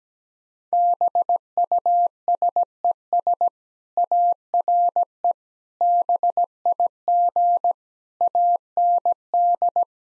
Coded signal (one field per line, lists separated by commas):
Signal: Morse code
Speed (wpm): 17 wpm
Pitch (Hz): 700 Hz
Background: none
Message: BUSES ARE BIG AND